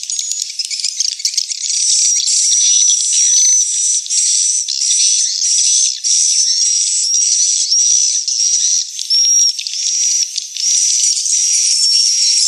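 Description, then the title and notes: Swiftlet twittering chorus, a dense, continuous mass of high chirps and buzzy trills with a thin whistle running through it. Lure sound for a swiftlet house, Tien Giang, Vietnam; part of the AKAU swiftlet sound collection. "Am thanh nha yen Akau Vietnam - Tien giang. Những âm thanh chim yến thuộc thương hiệu AKAU"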